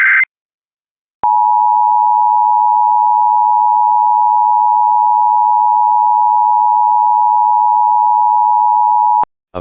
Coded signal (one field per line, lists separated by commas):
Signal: Emergency Alert System (SAME) tones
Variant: 853 and 960 Hz attention tone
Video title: EAS Child Abduction Emergency (Mother's Day AMBER Alert) Orange County, Florida Statewide #FLAMBER